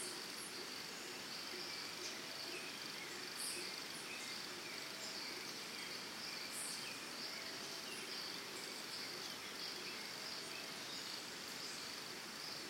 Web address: Big Room Sound Birds Crickets Costa Rica Early Morning